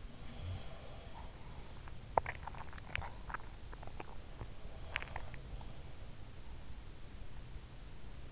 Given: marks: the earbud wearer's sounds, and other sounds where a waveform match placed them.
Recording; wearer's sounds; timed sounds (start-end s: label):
sounds in sleep by an in-ear microphone; swallowing
0.00-1.55 s: sound from someone else or the room
2.05-5.55 s: swallowing
4.24-6.12 s: sound from someone else or the room